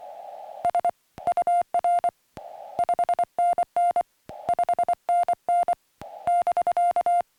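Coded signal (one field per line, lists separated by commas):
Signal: Morse code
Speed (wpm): 22 wpm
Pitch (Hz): 700 Hz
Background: music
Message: S UR 5NN 5NN <BK>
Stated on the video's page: Morse from a Summits on the Air activation, on 2-meter CW with the PackTenna TrekMount antenna and on HF bands.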